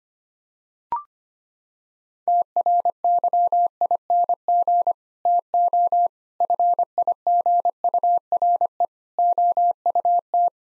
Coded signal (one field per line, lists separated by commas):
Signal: Morse code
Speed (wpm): 25 wpm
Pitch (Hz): 700 Hz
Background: none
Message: TRYING TO FIGURE OUT